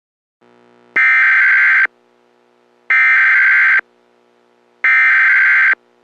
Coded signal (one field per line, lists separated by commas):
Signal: Emergency Alert System (SAME) tones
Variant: header bursts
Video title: EAS Scenario #5 - Takeover